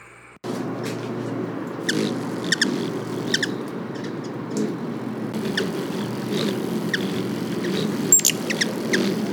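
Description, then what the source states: Black-chinned Hummingbird calls: sharp, high chips scattered irregularly over a steady low rumbling hum. Males territorial, especially in breeding season, calling to announce their presence.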